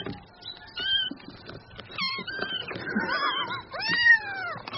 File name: Tieng meo con keu nung niu de thuong